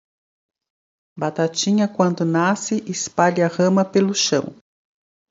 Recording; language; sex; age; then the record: short text; Brazilian Portuguese; female; 50 to 59 years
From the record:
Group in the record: control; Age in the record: 52 years